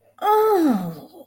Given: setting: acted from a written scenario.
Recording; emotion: vocal sound without words; realization